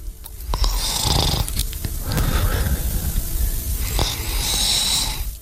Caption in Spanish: Escuchemos cómo es el ronquido de un hombre cuya voz habéis escuchado durante muchos años. Con 4 premios Ondas su pareja escucha esto. Yo creo que debe ser más fuerte, pero es coqueto.